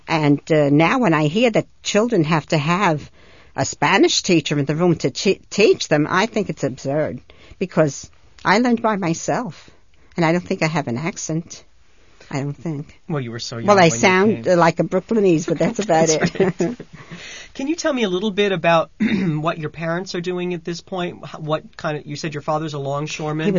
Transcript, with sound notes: And now when I hear that children have to have a Spanish teacher in the room to teach them, I think it's absurd, because I learned by myself, and I don't think I have an accent, I don't think.
Well, you were so young.
Well, I sound like a Brooklynese, but that's about it. ( they laugh )
Can you tell me a little bit about what your parents are doing at this point, what kind of, you said your father's a longshoreman?